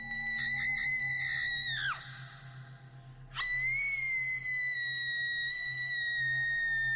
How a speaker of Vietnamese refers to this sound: Kim tiền kiếm bổ vào tấm bia đá, truyền đến một tiếng kêu thê thảm, vang lên. Âm thanh vô cùng bén nhọn, làm cho Diệp Thanh Vân muốn tê dại cả da đầu. Tiếng hét kia thậm chí làm cho Bạch Tử Cống cũng phải cau mày khó chịu.